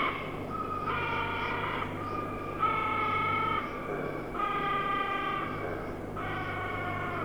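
Hyrax producing a run of harmonic wailing notes, each about a second long, repeated roughly every two seconds over a low steady hum.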